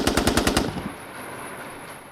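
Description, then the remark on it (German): A rapid burst of seven sharp gunshots rings out in quick, even succession, loud and punchy, the shots hitting the ceiling, followed by a fading reverberant tail and quiet hiss. “Insgesamt fielen 7 Schüsse, Tote keine, Verletzte die Decke.”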